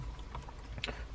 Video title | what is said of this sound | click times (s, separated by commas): 2013-2020 Ford Fusion Airbag and Steering Wheel Replacement | you press that in until it locks in place | 0.8 s